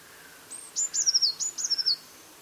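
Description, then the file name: Eurasian blue tit call: a high thin opening note followed by two short bursts of rapid, down-slurring trills. "Cyanistes caeruleus"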